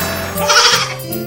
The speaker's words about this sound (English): Oh, isn't the baby goat naughty?